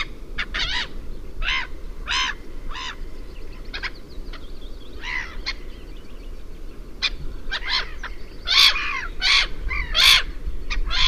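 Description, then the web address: Black-headed gull harsh, grating calls given in short bursts, loosely repeated over a low background rumble, with a louder cluster of screeches near the end. "chant xeno-canto mouette rieuse"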